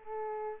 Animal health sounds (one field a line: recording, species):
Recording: mosquito wingbeat signal from an infrared sensor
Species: Culex pipiens